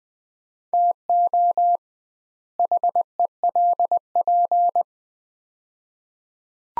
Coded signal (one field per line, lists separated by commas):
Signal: Morse code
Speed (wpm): 20 wpm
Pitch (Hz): 700 Hz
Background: none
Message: TO HELP